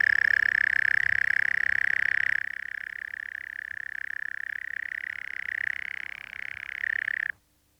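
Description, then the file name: European mole cricket churring continuously, a sustained purring trill that softens slightly partway through, then stops abruptly just before the end. "Gryllotalpa gryllotalpa"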